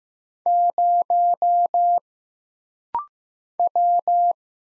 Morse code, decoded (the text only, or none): 0 W